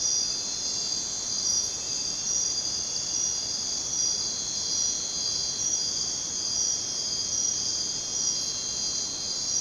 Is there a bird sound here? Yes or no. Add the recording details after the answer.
no. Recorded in dense forest near Puerto Asís, Putumayo, Colombia, on 22 June 2025 at 00:00. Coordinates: 0.484, -76.317. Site G045